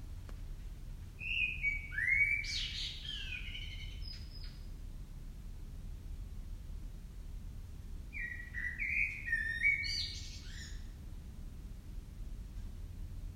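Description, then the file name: Common blackbird song: two separate phrases, each a low fluty warble sliding down, then a high squeaky twitter, with a long quiet pause between them and a low background rumble. "Turdus merula"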